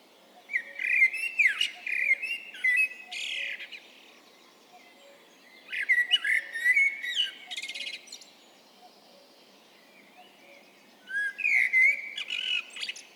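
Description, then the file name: Eurasian blackbird giving three bursts of squeaky, twittering calls with thin whistled notes, separated by quiet pauses of a few seconds. "Turdus merula"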